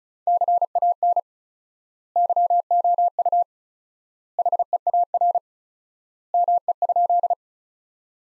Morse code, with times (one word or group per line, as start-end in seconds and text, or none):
0.3-1.2 CAN
2.2-3.4 YOU
4.4-5.4 HEAR
6.3-7.3 ME?